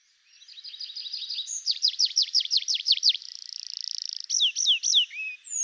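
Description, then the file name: Tree pipit song: a run of thin descending notes, then slower, louder down-slurred notes, a drawn-out buzzy trill, and a few slurred, ringing notes at the end. "Pipit des arbres"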